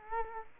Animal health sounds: mosquito wingbeat signal from an infrared sensor; Culex quinquefasciatus

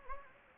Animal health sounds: mosquito wingbeat signal from an infrared sensor; Anopheles gambiae

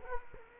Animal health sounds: mosquito wingbeat signal from an infrared sensor; Culex quinquefasciatus

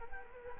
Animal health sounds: mosquito wingbeat signal from an infrared sensor; Culex quinquefasciatus

